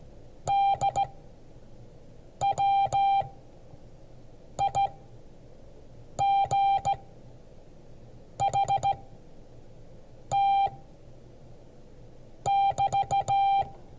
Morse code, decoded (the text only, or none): DWIGHT<BT>